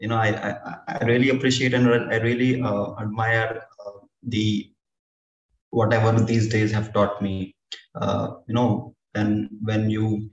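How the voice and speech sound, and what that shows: Adult man speaking with part-word repetitions, stretched sounds and a long silent block mid-phrase, typical of stammering. He has stammered since his school years and also has an undiagnosed learning disability.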